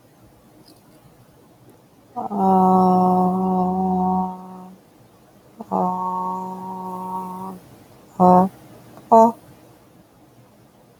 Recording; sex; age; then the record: vowel held as long as possible; female; 20 to 29 years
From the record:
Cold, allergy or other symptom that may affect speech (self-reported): no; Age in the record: 29 years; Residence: Indiana, United States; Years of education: 16